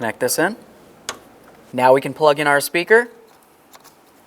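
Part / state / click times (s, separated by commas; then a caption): wiring connector into door speaker / not seated / none. A wiring connector is being handled for plugging into the door speaker of a 2006-2010 Ford Explorer while someone talks. A single brief, sharp tap stands out at about 1.1 seconds between the speech. Nothing has seated or clicked yet.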